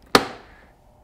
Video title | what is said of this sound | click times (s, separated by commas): Bell Race Star DLX Flex motorcycle helmet review - Sportsbikeshop | It has a central lifting tab, which is rapidly becoming the position of choice for visor tabs, and it locks in place by giving it a good solid click down. | 0.2 s